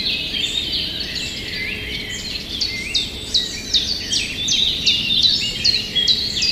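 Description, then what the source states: Common chiffchaff singing a repeated series of bright high notes, roughly two or three each second. Recorded 6 June 2016.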